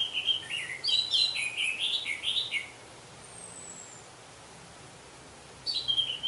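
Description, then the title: Orange-headed thrush singing a fast, whistled phrase of rising and falling notes, then a pause before a new phrase begins. "Anis Merah"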